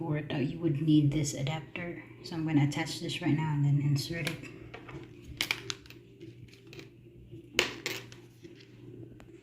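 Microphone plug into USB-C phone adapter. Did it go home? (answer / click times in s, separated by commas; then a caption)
yes / 7.6 s. A vlogging microphone's plug is pushed into a USB-C phone adapter while someone talks. After a few small handling taps around 5.4–5.7 s, a sharp click sounds at 7.6 s as the plug seats in the adapter.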